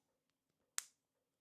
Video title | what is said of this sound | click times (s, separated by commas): Smart Curtain Track Assembly & Installation - Step-by-Step Real Use | lock की आवाज आती है इसमें प्रॉपर | 0.8 s